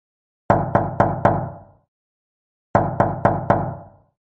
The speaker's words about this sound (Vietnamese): nhưng vẫn gõ cửa phòng 204 nơi Hạ Huy ở